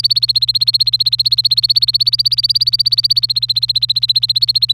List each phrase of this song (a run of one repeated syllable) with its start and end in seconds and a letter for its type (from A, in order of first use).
0.00-4.72 A